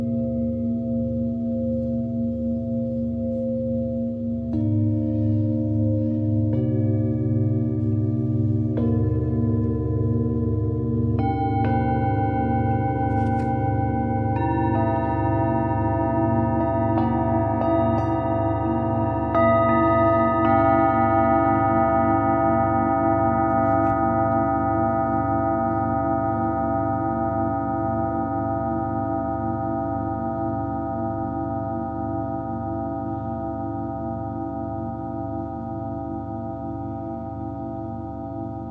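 Singing bowls ring in a slow, layered wash of sustained tones, with new strikes added around 5, 7, 9, 11, 14 and 20 seconds. Each tone hangs and overlaps the others, a low hum underneath, and the whole blend fades gently toward the end.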